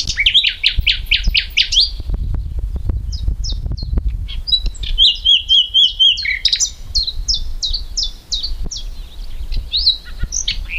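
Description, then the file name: Common nightingale song: a rapid loud repeated phrase, scattered notes, a short whistled series, then steady high repeated notes, with low background noise. "Luscinia megarhynchos"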